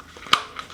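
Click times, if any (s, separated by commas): 0.3 s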